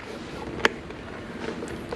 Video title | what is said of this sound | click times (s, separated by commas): How to change your mirror on nissan Altima | And once it snap in place, then you know we're good. | 0.6 s